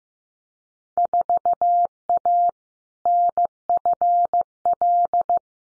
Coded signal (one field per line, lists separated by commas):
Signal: Morse code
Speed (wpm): 15 wpm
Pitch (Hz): 700 Hz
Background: none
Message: 4A NFL